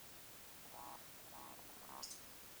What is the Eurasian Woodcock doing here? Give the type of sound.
whistle, croak